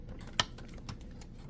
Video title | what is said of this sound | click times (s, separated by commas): How to Replace a GPU without causing a fire | right there. That was the click. | 0.4 s